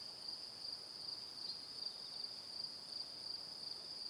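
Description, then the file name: Cricket, an even high-pitched pulsing trill holding steady for the whole stretch over low background noise. "Calm - Evening Crickets"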